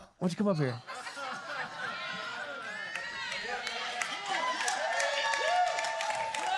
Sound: applause